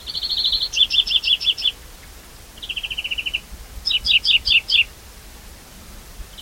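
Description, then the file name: European greenfinch twittering in trilled phrases, one steady rattle moving into stepped notes, a lower dropping trill, then a run of sharp paired notes. "Chloris chloris"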